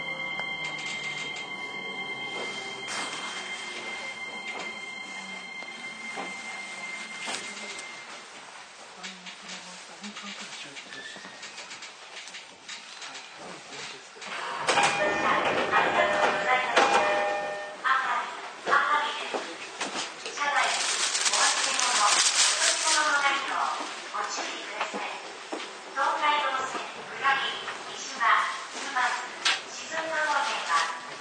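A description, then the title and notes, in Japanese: An E231 series train ride between Ito and Yokohama: a quiet, steady running rumble with a thin high whine that fades by about eight seconds. Near fifteen seconds a loud rush swells, and from about twenty seconds a voice speaks in bursts over the train noise. JRE231系 伊東〜横浜。区間は伊東線→東海道線です。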